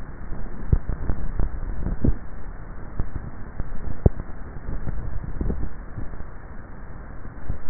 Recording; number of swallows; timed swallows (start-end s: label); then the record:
swallowing sounds by neck microphone; 2
1.28-2.22 s: swallow
4.92-5.72 s: swallow
From the record:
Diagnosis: dysphagia